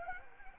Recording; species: mosquito wingbeat signal from an infrared sensor; Anopheles gambiae